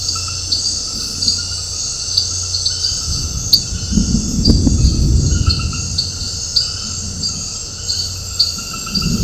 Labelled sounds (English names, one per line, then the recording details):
none
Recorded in dense forest near Puerto Asís, Putumayo, Colombia, on 13 March 2025 at 21:30
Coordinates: 0.468, -76.322
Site GP01